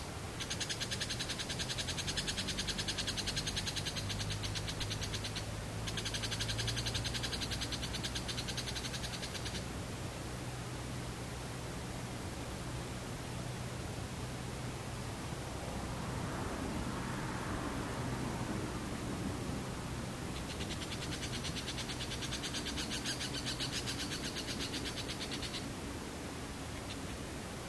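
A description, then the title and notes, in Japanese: Daytime insects trill in high, buzzing bursts during the first ten seconds and again from about twenty to twenty-six seconds, over a steady hiss. A low hum runs underneath throughout, and a soft swelling rush passes through the middle, around sixteen to eighteen seconds. 無音ムシ昼。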